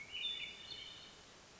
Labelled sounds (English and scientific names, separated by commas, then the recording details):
Hermit Thrush (Catharus guttatus)
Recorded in Sonoma County, California